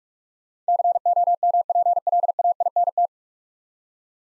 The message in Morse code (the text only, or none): COMPLAINT